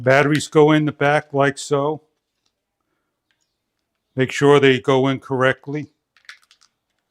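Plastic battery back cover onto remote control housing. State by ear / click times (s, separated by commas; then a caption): not seated / none. Batteries are put into the remote control for a Wisful 56" wood outdoor ceiling fan with light, with its plastic battery back cover about to be pressed on. Someone talks, and a few faint small clicks and taps of handling come near the end. Nothing has seated or clicked yet; the cover has not snapped into place.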